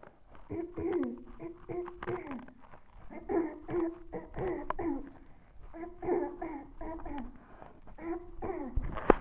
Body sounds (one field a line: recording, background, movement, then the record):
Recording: throat clearing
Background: quiet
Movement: sitting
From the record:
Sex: female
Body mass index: 18.8 kg/m2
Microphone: on the chest, facing the body